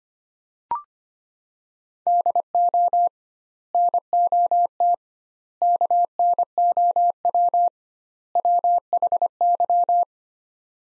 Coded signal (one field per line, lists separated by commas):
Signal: Morse code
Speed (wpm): 25 wpm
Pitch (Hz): 700 Hz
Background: none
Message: DO NOT KNOW WHY